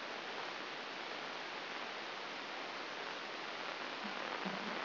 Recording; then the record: brain microelectrode recording played as sound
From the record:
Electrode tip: outside the subthalamic nucleus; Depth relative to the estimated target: 2 mm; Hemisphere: right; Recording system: AlphaMap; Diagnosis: Parkinson's disease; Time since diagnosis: 11 years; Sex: female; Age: 60 years